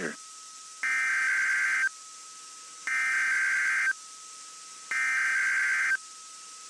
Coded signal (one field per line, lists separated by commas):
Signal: Emergency Alert System (SAME) tones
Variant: header bursts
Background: speech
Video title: Weeklies to Welcome 11K (EAS #10997-11004) 5/17/23